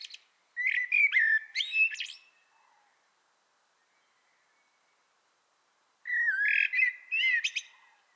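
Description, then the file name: Common blackbird song in two phrases separated by a pause of a few seconds, each a mellow whistled warble capped by thin, high squeaky notes. "Turdus merula"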